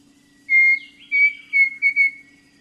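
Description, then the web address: Pavonine cuckoo song: a long, clear whistle, then a faint glide and four shorter whistled notes at a similar pitch, over a faint steady low hum. Eastern lowlands of South America, Ecuador. "Natures Songs S America Eastern Lowlands. Pavonine Cuckoo"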